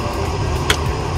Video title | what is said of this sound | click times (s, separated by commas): How to charge electric car on EVgo using CCS - How To Use EVgo Charging Station - EVGo Chevy Bolt | so i can make sure it's snapped in place | 0.7 s